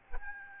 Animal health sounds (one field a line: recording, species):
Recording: mosquito wingbeat signal from an infrared sensor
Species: Aedes albopictus